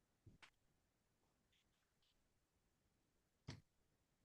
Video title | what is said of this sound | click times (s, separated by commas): Kristina Bloom & Glenn Boddice 2025 Forecast | hold on one moment please you're going to hear a click that is a closing of a drawer so that I have | 3.5 s